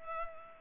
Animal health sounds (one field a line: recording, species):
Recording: mosquito wingbeat signal from an infrared sensor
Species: Culex pipiens